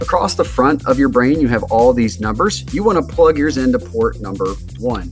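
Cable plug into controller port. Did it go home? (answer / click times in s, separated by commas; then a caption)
no / none. Someone talks over background music while a plastic cable connector is handled toward port 1 on a robot controller. The connector has not yet been pushed home, so nothing has seated or clicked yet.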